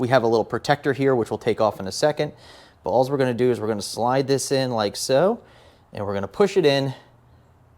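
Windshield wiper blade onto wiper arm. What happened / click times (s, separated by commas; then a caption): Handled, not yet home: no click from the wiper blade / none. A replacement windshield wiper blade, with a little protector still on it, is slid onto the wiper arm's pinch-tab button mount while a man talks. Nothing has seated or clicked yet; the clip ends just before the blade is pushed home and snaps with its peg through the square hole.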